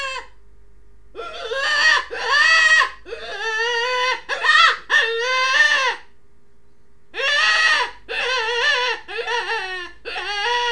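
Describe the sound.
Rabbit screams in harsh, whining bursts, a cluster of cries, a pause of about a second, then another run of wails.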